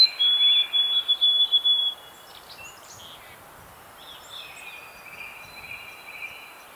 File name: Zonotrichia albicollis - White-throated Sparrow